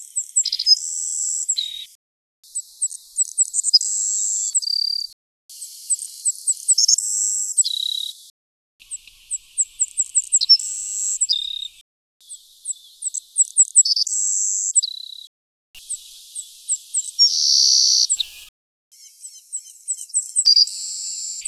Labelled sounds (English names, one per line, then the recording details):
Savannah Sparrow song
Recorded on Kent Island, New Brunswick, in 2007